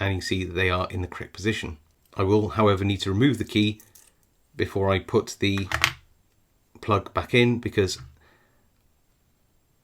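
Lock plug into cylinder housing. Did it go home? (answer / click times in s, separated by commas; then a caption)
no / none. Someone talks while the key is removed from a lock plug and the plug is lined up to go back into the cylinder housing over the pinning shoe. The plug is not pushed home, and nothing has seated or clicked yet.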